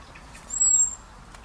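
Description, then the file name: Common blackbird calling once: a single thin, very high, steady whistled note lasting under half a second over a quiet hissy background. "Turdus merula"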